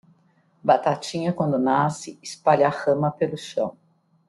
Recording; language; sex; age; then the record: short text; Brazilian Portuguese; female; 50 to 59 years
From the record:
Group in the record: control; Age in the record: 58 years